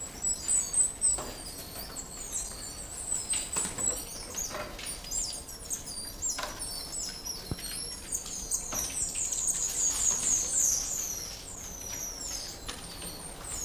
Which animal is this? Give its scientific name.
Saguinus fuscicollis